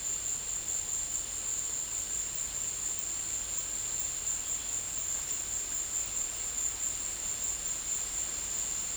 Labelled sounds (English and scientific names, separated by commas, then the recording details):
none
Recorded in dense forest near Puerto Asís, Putumayo, Colombia, on 22 December 2024 at 15:00
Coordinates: 0.486, -76.317
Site G003